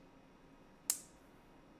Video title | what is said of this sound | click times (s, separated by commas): We're building the Ultimate Destroyer: A 2000+ Piece Hulkbuster Knockoff LEGO Set (76066)! | And then the third one we snap into place. | 0.9 s